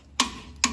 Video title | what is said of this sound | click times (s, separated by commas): How to replace your brakes and rotors on a Ford F-250 / F-350. Step by step tutorial. Episode 48 | when you hear that click, it's tight enough. | 0.2 s